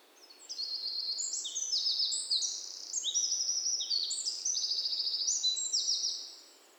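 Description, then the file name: Eurasian wren: a sustained, rapid outpouring of very high trills and rattling note series for about six seconds, soft hiss behind. "Troglodytes troglodytes"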